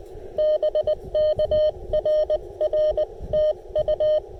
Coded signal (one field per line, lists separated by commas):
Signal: Morse code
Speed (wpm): 17 wpm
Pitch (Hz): 600 Hz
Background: none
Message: BK RR TU